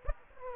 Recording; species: mosquito wingbeat signal from an infrared sensor; Aedes aegypti